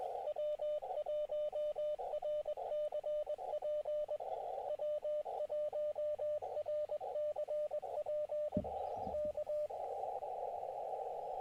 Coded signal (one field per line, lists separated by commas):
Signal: Morse code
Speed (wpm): 20 wpm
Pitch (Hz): 600 Hz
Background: radio noise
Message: W1RCP W1RCP K